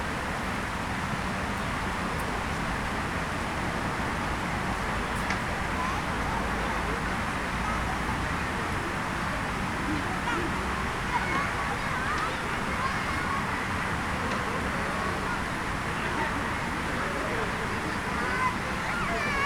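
Children play in a city centre park, their voices blending into a steady murmur over continuous low traffic rumble, with occasional brief sharper sounds.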